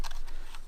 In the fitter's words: This is also to close the ears on both sides. memory pop up